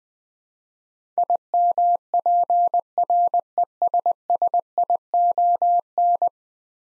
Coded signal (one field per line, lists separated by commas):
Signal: Morse code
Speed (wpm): 21 wpm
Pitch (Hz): 700 Hz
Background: none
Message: IMPRESSION